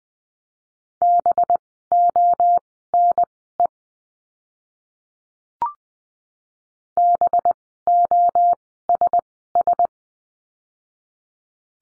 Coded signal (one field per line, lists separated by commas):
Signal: Morse code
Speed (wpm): 20 wpm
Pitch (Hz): 700 Hz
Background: none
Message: BONE BOSS